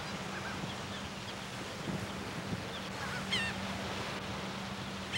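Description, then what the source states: Shorebirds giving brief, high, sharp calls scattered throughout, over a steady low hum and soft outdoor background. Shorebirds at Cape May.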